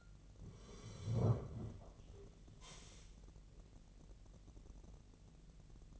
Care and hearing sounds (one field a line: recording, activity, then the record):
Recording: daily activity, microphone in the room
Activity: sit down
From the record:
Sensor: 4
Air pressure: 1002.4 hPa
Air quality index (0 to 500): 248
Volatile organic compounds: 36 ppm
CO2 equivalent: 3087 ppm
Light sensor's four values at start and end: 11/25/10/10 and 11/25/10/10